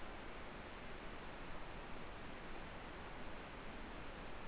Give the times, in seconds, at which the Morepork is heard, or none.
none